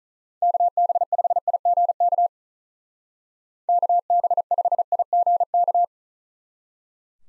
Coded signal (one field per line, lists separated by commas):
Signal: Morse code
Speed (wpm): 45 wpm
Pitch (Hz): 700 Hz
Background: none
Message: KB5IGK KB5IGK